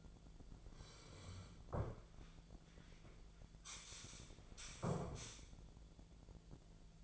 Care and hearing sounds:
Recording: daily activity, microphone in the room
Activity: sit down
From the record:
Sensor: 5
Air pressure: 1008.0 hPa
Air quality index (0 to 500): 152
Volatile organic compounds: 3 ppm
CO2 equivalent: 1464 ppm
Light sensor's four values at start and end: 57/162/63/63 and 57/162/63/63

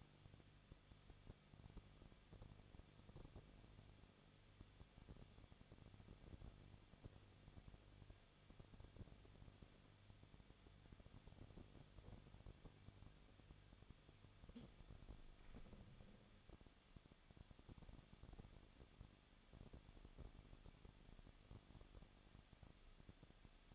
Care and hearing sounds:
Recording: daily activity, microphone in the room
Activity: no activity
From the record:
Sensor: 4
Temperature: 23.0 degrees Celsius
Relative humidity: 34.3%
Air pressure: 1007.3 hPa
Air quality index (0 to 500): 217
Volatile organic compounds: 15 ppm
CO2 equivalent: 2515 ppm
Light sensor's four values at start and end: 2/3/1/1 and 2/3/1/1

